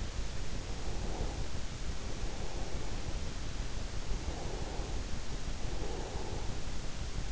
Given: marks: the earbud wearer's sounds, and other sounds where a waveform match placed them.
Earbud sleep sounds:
sounds in sleep by an in-ear microphone; breath
0.48-3.37 s: breath
3.99-6.62 s: breath

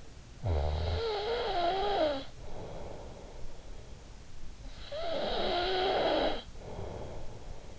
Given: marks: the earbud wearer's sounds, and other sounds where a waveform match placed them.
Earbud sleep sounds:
sounds in sleep by an in-ear microphone; snoring breath
0.13-3.56 s: snoring breath
4.31-7.79 s: snoring breath

